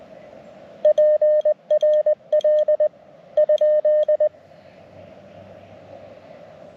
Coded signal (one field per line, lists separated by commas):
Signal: Morse code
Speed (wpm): 20 wpm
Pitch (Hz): 610 Hz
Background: none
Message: PRL ?